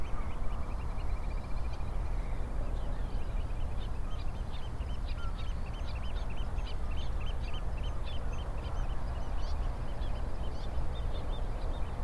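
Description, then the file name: Eurasian oystercatchers in an excited piping chorus, quick shrill notes repeated rapidly in long runs, with a steady low roar beneath. Several birds at Rye Harbour river mouth, recorded 9 May 2022. "220509 0057 Rye Harbour river mouth Oystercatchers"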